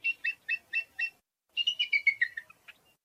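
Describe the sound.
Bald eagle giving a series of thin, high chirping notes, five evenly spaced, then after a short gap a quicker descending chittering run.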